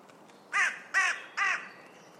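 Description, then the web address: Bird giving three harsh, hoarse caw-like calls, evenly spaced about half a second apart, over quiet background hiss. "Deverinetal 2025 File origin Bird Only"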